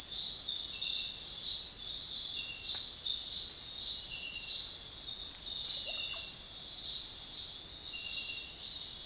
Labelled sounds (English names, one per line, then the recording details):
none
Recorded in secondary vegetation near Puerto Asís, Putumayo, Colombia, on 28 February 2025 at 06:00
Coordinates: 0.484, -76.319
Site G010